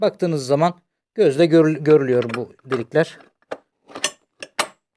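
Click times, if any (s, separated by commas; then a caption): 4.6 s. Someone talks while an 8x105 metal steering pin is pushed down through the slot where the frame head meets the steering wheel of a Babyhope 127 Little Panda parent-controlled children's tricycle. A few short metallic clicks follow near 3.5, 4.0 and 4.4 seconds. A sharp, loud click at 4.6 seconds marks the pin seating fully home, and that audible sound confirms it is fully seated.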